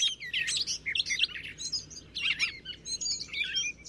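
Gray catbird song: a dense jumble of squeaky chirps, slurred whistles and scratchy notes delivered rapidly with little pause, over low background noise.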